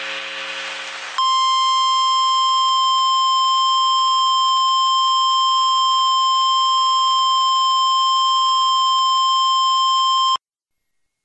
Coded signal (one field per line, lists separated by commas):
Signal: Emergency Alert System (SAME) tones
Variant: 1050 Hz attention tone